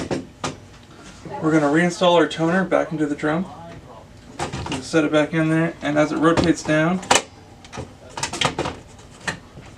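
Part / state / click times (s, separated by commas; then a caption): toner cartridge into drum unit / seated / 8.4 s. A toner cartridge is set back into the DR620 drum unit of a Brother MFC-8890 laser printer and rotated down, while someone talks. A quick series of sharp knocks follows near the end, and the loudest, at 8.4 s, is the cartridge clicking into place, seated in the drum unit.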